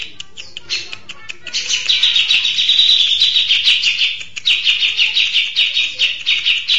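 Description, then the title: Mixed birds singing, scattered ticks at first, then a dense, continuous stream of high chirps and trills that dips briefly midway and picks up again. "Burung Campur2"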